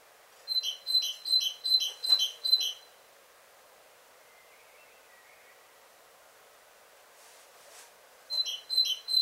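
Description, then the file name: Great tit calling in two bursts of rhythmic, ringing double notes separated by several seconds of quiet. "Parus major"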